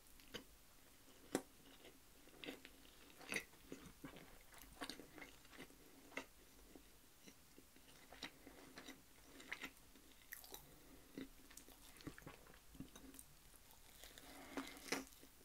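Eating sounds: sharp, crunchy bites and wet chewing clicks arrive every fraction of a second at an irregular pace, with a few louder crunches standing out. A faint steady low hum sits underneath.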